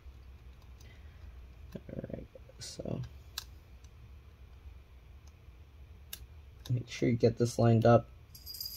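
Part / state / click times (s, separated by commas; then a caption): antenna coax connector onto laptop wireless card / seated / 8.3 s, 8.6 s. A small black antenna coax connector is lined up over its socket on the wireless card of an HP Pavilion 15-cs1065cl laptop and pushed down. Someone talks, and there are faint handling clicks before short clicks at 8.4 s and 8.6 s as the connector snaps into place. The connector is seated.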